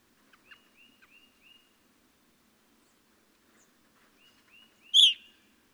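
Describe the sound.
Evening grosbeak: a string of soft, short whistled notes, then one loud ringing call near the end.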